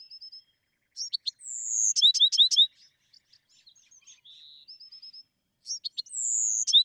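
Bewick's wren song: a thin steady whistle, a falling slurred note, a quick run of bright descending notes and soft chips, then the phrase begins again.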